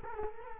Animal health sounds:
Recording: mosquito wingbeat signal from an infrared sensor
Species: Culex quinquefasciatus

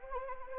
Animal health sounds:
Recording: mosquito wingbeat signal from an infrared sensor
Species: Anopheles arabiensis

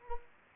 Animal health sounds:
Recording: mosquito wingbeat signal from an infrared sensor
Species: Anopheles arabiensis

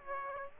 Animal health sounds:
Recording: mosquito wingbeat signal from an infrared sensor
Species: Aedes aegypti

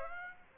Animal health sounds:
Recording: mosquito wingbeat signal from an infrared sensor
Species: Aedes aegypti

